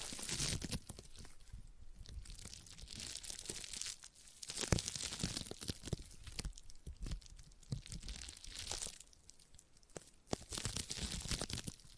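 Sticky tapping and sticky triggers: a dense run of small crackling, peeling taps that comes in bursts, with brief quieter gaps near 4, 8 and 10 seconds. Sharp clicks stand out now and then, and a soft low rumble sits underneath.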